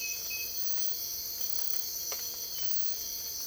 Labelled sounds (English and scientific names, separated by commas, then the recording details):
none
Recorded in dense forest near Puerto Asís, Putumayo, Colombia, on 22 December 2024 at 04:00
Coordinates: 0.482, -76.320
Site G021